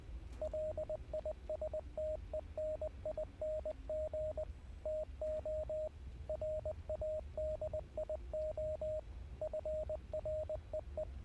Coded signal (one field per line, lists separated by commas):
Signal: Morse code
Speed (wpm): 20 wpm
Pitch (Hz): 620 Hz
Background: radio noise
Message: LISTENING TO RADIO FREE